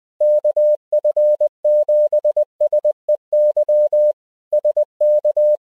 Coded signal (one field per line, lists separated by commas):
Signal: Morse code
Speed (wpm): 20 wpm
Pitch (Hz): 600 Hz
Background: none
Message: KF7SEY SK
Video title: Using an Iphone for Offline SOTA Peak GPS and Navigation